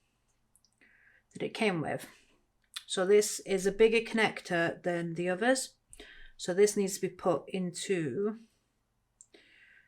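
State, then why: Seated. Someone talks while a larger plastic wire connector for the dollhouse lighting is pushed into the socket on the miniature lighting switchboard, with its raised ridge facing up. A sharp click at 9.2 s shows the connector seating into place, though it still sticks out a bit.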